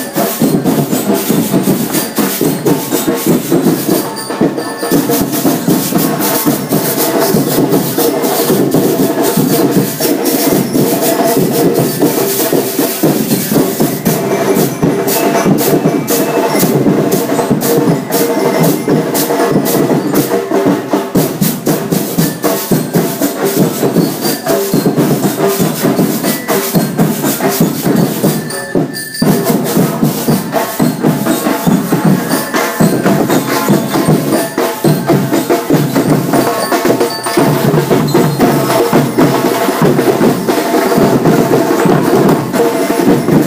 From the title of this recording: Costa Rica street parade